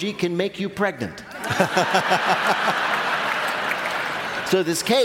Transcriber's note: laughter